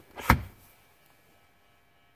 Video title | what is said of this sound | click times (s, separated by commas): How to remove GMC/Chevy Headrests | put the headrest back in and it CLI it clicks right in | 0.3 s